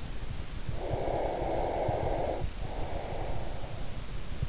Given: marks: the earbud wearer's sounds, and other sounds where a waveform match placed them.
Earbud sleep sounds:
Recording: sounds in sleep by an in-ear microphone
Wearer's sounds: breath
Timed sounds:
0.71-3.99 s: breath

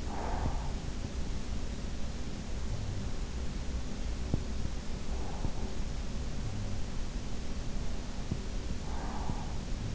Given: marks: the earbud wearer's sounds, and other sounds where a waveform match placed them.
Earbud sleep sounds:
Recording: sounds in sleep by an in-ear microphone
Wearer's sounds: breath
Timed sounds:
0.00-0.86 s: breath
8.76-9.72 s: breath

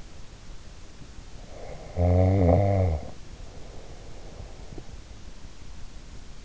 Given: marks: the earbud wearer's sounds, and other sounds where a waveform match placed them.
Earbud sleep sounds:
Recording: sounds in sleep by an in-ear microphone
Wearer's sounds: snoring breath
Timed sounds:
1.43-5.03 s: snoring breath

